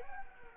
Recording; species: mosquito wingbeat signal from an infrared sensor; Anopheles gambiae